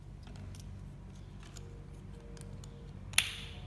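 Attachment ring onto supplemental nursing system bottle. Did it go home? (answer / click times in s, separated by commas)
yes / 3.2 s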